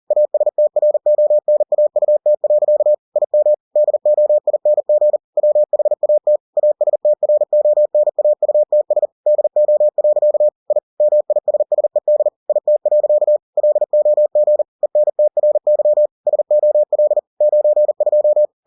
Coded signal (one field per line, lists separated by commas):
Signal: Morse code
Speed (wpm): 40 wpm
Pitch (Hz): 600 Hz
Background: none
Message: ASTRONAUT. IM DOING WHAT ASTRONAUTS DO. I MISSED IT. LOG ENTRY SOL 92